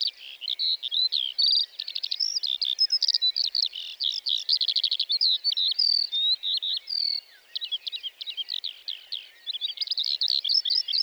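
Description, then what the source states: Lark pouring out high, fast warbling with chirps, rattling trills and quick whistles in one continuous run. 29 March 2020, Plateau de Lesches-en-Diois; sings before full daybreak, perched on top of a bush rather than in flight, for nearly fifteen minutes before flying off; Nagra Seven, stereo, cardioid MKH40.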